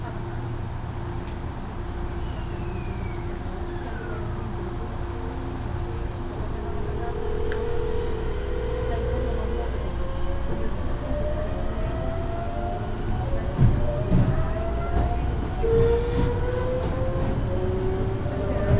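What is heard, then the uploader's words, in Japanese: A ride on the Yoro Railway train, with a steady low rumble of wheels and running gear throughout. From about the middle onward, a motor whine climbs slowly in pitch as the train picks up speed, and a few knocks and clatters come near the end. 養老鉄道 揖斐→大垣→養老。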